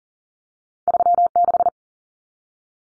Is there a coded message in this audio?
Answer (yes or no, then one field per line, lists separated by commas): yes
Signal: Morse code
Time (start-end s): 0.9-1.7 s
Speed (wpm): 40 wpm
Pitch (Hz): 700 Hz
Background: none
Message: 36